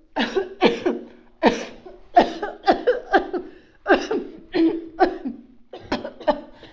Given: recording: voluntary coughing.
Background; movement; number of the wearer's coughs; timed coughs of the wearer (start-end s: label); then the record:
a bystander coughing; sitting; 10
0.15-0.55 s: cough
0.59-1.10 s: cough
1.40-1.96 s: cough
2.14-2.58 s: cough
2.65-3.06 s: cough
3.11-3.49 s: cough
3.86-4.37 s: cough
4.98-5.35 s: cough
5.89-6.20 s: cough
6.25-6.67 s: cough
From the record:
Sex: female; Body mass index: 21.8 kg/m2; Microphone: on the chest, facing outward